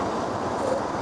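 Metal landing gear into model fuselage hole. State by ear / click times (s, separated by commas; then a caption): not seated / none. A metal landing gear leg is handled at its hole in the fuselage of an HM 1/72 US Air Force F-35A aggressor squadron alloy finished model. Only a steady, even background noise is heard, with no distinct clicks or sudden sounds. The gear has not yet seated or clicked into place.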